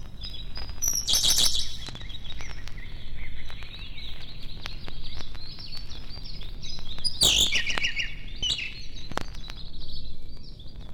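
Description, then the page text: Songbird song in two loud twittering bursts, near one and seven seconds, with scattered clicks and a steady low rumble. Forest songbirds close to a road. "Лесные певчие птицы - Nature, близко трасса"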